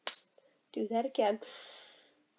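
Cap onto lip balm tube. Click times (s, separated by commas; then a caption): 0.1 s. The plastic cap of a CoverGirl Oh Sugar! Jelly Lip Balm twist-up tube is shut onto the tube, giving one sharp, loud click at 0.1 s as it seats. Afterward, someone talks.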